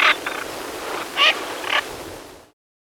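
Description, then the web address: Andean teal calling: four brief raspy notes at uneven intervals, then the sound cuts off. Recorded in Ecuador. "Natures Songs S America Birds of Ecuador. Andean Teal"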